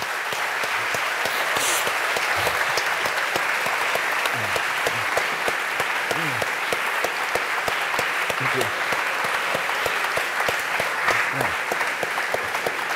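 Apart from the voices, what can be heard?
audience applause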